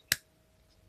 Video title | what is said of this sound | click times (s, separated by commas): dji osmo 360 unboxing | So when you lock this one, you can hear the click, and | 0.1 s